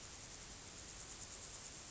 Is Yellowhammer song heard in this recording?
no